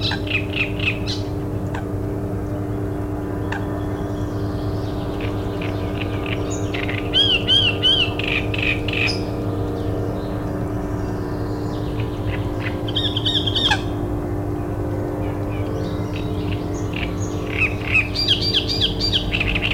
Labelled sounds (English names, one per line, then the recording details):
Great Reed Warbler
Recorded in the wild
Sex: male
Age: adult
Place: Müggelsee, Berlin, DE
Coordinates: 52.43, 13.64
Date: 1991-06-07
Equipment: Uher 4400 Report Monitor, Sennheiser ME 80, K 30 AV
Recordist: Fischer, Stefan